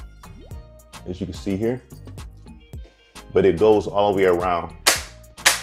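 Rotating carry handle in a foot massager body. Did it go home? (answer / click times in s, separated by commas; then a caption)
yes / 5.5 s. A rotating carry handle on a TERELAX shiatsu foot and calf massager is swung all the way around while someone talks over background music. A sharp snap at 5.5 s marks the handle seating into its detent, after which it is locked in place and no longer moves back and forth.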